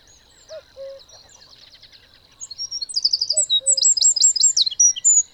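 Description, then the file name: Eurasian wren song, rapid high trills and sharp notes, with a few short lower notes before and during it. "Troglodytes troglodytes"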